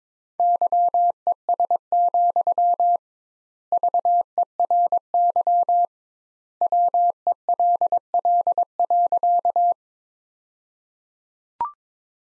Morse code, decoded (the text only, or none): YES, VERY WELL.